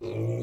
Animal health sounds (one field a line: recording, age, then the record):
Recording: pig call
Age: weaner (32 to 43 days)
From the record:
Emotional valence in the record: negative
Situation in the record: short isolation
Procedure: open field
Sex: female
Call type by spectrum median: low-frequency call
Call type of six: low-frequency stable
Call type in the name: low-frequency stable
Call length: 0.43 s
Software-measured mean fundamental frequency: 55 Hz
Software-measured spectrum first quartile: 116 Hz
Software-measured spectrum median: 244 Hz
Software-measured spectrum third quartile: 430 Hz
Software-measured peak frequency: 349 Hz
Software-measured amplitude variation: 88 dB a second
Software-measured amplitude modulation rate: 28.1 a second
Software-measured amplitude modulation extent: 3.1 dB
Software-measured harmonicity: -1.8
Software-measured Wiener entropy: -0.40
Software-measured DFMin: 1472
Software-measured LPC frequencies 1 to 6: 413, 2329, 3743, 4101, 5949, 6434 Hz